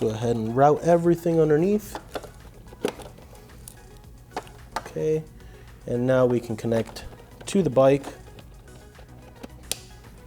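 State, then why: Seated. Someone talks over background music while the plastic connector of a brake light modulator harness is pushed into the tail light wiring connector of a 2023+ Kawasaki Ninja ZX-4RR motorcycle, with small handling taps along the way. A sharp click at 9.7 s marks the connector latching and seating, and it is confirmed as another click heard.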